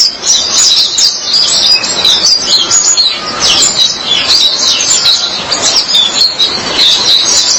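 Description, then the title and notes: White-eye delivering rapid high warbles and twitters, a continuous chattering stream with quick up-and-down slurs. Chirping song. "Suara kicauan burung pleci"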